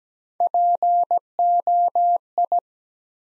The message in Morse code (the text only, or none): POI